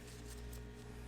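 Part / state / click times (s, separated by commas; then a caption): brake pad wear sensor into pad or bracket / not seated / none. The second part of a brake pad wear sensor on a 2018 BMW M2 is handled as it is about to be pressed into the pad or bracket during a brake pad job. Only a steady low hum with faint tonal buzzing is heard, with no sharp transients. Nothing has seated or clicked yet.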